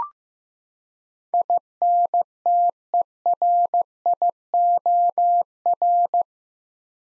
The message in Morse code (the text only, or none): INTERIOR